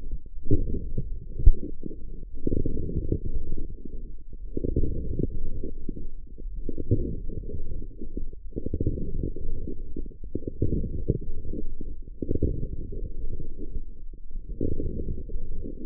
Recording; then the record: forearm muscle sounds (acoustic myography)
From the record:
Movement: forearm pronation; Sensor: system 1, eight BSWA MPA416 microphones around the upper forearm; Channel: 6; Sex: female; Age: 20 years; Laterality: right